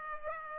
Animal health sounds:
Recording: mosquito wingbeat signal from an infrared sensor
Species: Culex pipiens

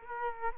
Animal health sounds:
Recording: mosquito wingbeat signal from an infrared sensor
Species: Culex quinquefasciatus

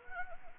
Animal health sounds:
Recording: mosquito wingbeat signal from an infrared sensor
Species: Anopheles arabiensis

